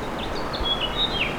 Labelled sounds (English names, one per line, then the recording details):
House Finch song
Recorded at Merrick on Long Island, New York, on 17 May 2013
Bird E